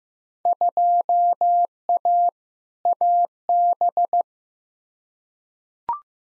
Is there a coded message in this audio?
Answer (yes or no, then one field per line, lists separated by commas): yes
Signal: Morse code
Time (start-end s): 0.5-4.2 s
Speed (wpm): 15 wpm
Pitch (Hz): 700 Hz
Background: none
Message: 2A AB